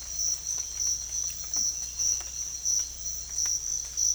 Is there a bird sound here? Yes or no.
no